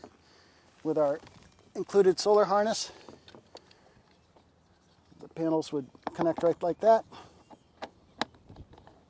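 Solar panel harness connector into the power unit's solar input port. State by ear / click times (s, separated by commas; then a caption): seated / 8.2 s. Someone talks while connecting the included solar panel harness to the solar input port of a MiDAS power unit, turning the twist-lock connector with a few light handling taps. A sharp click at 8.2 s marks the connector locking into place, seated and ready to charge from solar.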